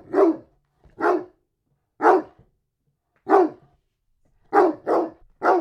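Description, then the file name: Dog barking in single sharp woofs, spaced about a second apart, ending with three barks in quicker succession. "Digiffects Sound Effects Library - Dog Barking"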